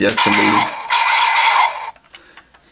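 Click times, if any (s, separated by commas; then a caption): 2.1 s, 2.4 s, 2.5 s. Someone talks, then the plastic blade of a toy gear piece, which locks in two positions, is turned back into its locked position in its holder. It gives a series of short, sharp clicks at 2.2, 2.4 and 2.6 seconds as it seats and locks back into place.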